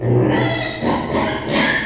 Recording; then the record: squeal of a Yucatan mini pig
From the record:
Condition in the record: before surgery on the right vocal fold (resection and tissue-engineered implant); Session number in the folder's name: 2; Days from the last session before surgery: 0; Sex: male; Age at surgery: 12 weeks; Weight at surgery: 13 kg